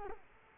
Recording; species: mosquito wingbeat signal from an infrared sensor; Culex quinquefasciatus